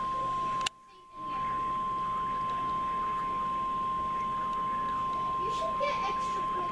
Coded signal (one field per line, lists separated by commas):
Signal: Emergency Alert System (SAME) tones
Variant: 1050 Hz attention tone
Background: speech